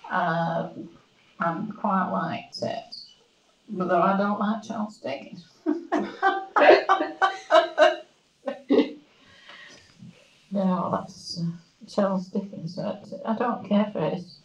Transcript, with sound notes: eh, and quite liked it. Though I don't like Charles Dickens. [laughs] No, that's eh Charles Dickens. I don't care for it.